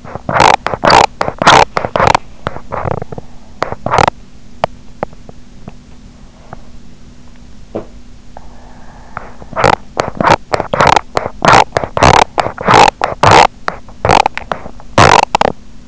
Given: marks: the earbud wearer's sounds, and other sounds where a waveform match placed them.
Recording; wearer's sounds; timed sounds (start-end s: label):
sounds in sleep by an in-ear microphone; teeth grinding
0.00-6.03 s: teeth grinding
7.63-8.03 s: sound from someone else or the room
9.26-15.88 s: teeth grinding